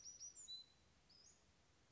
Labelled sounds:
Western Flycatcher (Empidonax difficilis)

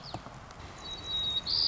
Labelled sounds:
White-crowned Sparrow (Zonotrichia leucophrys)

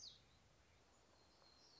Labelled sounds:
Black-throated Gray Warbler (Setophaga nigrescens)

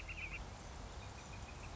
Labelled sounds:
Northern Flicker (Colaptes auratus)

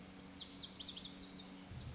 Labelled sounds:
Lazuli Bunting (Passerina amoena)

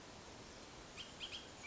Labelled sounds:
Bullock's Oriole (Icterus bullockii)

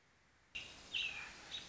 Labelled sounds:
American Robin (Turdus migratorius)

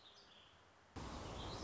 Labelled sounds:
Warbling Vireo (Vireo gilvus)

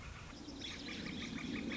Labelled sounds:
Northern Flicker (Colaptes auratus)

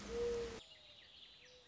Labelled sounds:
Mourning Dove (Zenaida macroura)

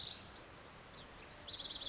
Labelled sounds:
Lazuli Bunting (Passerina amoena)

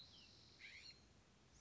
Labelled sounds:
California Scrub-Jay (Aphelocoma californica)

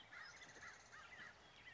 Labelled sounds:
American Crow (Corvus brachyrhynchos)

